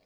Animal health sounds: pig call; piglet (1 to 25 days)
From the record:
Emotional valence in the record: positive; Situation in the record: short reunion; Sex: male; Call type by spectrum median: low-frequency call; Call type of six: low-frequency tonal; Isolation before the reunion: 3 minutes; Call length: 0.06 s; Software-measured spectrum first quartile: 481 Hz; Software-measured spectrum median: 1266 Hz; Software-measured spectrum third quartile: 4083 Hz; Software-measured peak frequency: 625 Hz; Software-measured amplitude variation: 28 dB a second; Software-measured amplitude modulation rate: 8.5 a second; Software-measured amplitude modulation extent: 3.3 dB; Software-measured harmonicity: 2.9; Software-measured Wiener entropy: -1.62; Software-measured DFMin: 1193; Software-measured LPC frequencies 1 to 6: 620, 2281, 3285, 4196, 4909, 6406 Hz

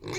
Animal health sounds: pig call; weaner (32 to 43 days)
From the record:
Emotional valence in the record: negative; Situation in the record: short isolation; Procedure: open field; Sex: female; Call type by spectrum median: low-frequency call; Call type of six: mixed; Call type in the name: high-frequency modulated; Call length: 0.19 s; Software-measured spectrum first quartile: 359 Hz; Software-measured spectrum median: 1157 Hz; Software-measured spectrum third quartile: 3526 Hz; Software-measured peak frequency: 368 Hz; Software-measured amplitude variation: 112 dB a second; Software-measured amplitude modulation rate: 15.9 a second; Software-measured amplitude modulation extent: 7.0 dB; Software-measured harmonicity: 0.5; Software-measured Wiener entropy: -2.94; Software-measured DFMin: 1097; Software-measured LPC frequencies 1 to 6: 389, 1089, 2280, 3611, 4156, 5040 Hz

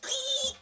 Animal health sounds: pig call; piglet (1 to 25 days)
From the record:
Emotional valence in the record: negative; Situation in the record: restrain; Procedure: back test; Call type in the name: high-frequency call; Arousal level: medium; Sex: female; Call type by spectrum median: high-frequency call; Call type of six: high-frequency stable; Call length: 0.62 s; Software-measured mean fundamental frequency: 277 Hz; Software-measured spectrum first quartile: 3043 Hz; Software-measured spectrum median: 4430 Hz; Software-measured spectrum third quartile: 7617 Hz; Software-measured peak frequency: 3574 Hz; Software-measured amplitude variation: 124 dB a second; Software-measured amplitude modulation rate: 17.0 a second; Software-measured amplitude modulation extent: 7.3 dB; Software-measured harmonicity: 5.6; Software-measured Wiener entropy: -2.22

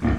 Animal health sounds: pig call; growing-finishing pig (85 days or more)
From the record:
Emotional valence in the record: negative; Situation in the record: barren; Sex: female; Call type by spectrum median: low-frequency call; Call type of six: low-frequency stable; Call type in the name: low-frequency stable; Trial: 3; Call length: 0.19 s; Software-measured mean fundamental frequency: 38 Hz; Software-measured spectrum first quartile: 109 Hz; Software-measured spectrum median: 231 Hz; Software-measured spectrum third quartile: 493 Hz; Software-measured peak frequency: 88 Hz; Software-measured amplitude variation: 171 dB a second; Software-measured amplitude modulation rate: 20.8 a second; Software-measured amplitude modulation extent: 8.2 dB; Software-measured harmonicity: -2.1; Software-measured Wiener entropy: -0.82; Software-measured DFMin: 527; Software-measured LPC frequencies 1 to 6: 1057, 1772, 3163, 3964, 4938, 6164 Hz

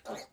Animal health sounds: pig call; piglet (1 to 25 days)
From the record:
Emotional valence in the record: negative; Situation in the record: restrain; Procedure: back test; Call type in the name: low-frequency call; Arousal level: medium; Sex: male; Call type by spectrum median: low-frequency call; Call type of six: mixed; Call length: 0.32 s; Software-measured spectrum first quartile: 548 Hz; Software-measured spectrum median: 969 Hz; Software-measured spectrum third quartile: 3321 Hz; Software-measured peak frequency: 582 Hz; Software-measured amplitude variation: 204 dB a second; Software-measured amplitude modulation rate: 12.4 a second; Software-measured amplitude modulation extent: 16.4 dB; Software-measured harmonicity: 1.4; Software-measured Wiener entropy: -1.78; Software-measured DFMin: 823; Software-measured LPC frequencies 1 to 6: 626, 2151, 3740, 4372, 6510, 8102 Hz

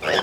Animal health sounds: pig call; piglet (1 to 25 days)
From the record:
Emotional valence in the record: positive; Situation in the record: huddling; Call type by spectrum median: low-frequency call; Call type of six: high-frequency stable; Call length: 0.24 s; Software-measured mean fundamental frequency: 212 Hz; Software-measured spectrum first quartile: 614 Hz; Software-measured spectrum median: 1328 Hz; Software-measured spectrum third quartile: 2476 Hz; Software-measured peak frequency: 470 Hz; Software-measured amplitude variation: 144 dB a second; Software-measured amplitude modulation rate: 10.6 a second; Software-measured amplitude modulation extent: 13.6 dB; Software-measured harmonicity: 0.8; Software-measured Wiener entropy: -1.29

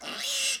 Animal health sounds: pig call; piglet (1 to 25 days)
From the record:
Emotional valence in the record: negative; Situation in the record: restrain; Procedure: sham castration, fixation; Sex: male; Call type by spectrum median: high-frequency call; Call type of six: mixed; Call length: 0.60 s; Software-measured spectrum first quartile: 2942 Hz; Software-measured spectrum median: 4574 Hz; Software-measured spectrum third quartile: 6770 Hz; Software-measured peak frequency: 2715 Hz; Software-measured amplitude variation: 82 dB a second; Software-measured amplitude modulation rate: 19.0 a second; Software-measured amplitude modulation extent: 4.3 dB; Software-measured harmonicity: -0.1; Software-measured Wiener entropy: -1.38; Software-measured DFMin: 729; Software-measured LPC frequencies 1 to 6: 814, 1804, 2788, 3355, 3887, 5136 Hz

